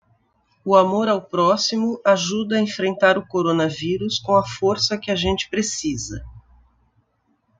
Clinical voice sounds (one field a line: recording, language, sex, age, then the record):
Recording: spoken sentence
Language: Brazilian Portuguese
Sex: female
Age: 50 to 59 years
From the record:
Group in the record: control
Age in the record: 59 years